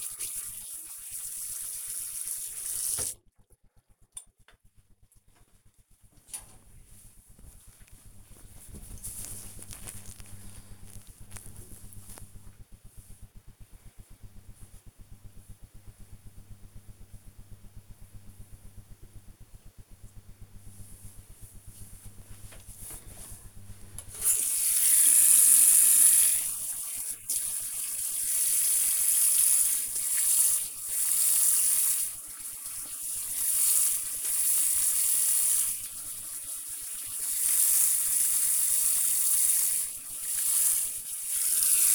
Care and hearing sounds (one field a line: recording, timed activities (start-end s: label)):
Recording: household activities, microphone on the right wrist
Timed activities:
0.00-3.03 s: brushing teeth
22.15-41.94 s: washing hands